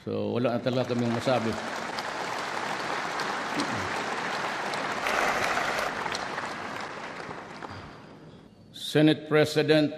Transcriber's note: applause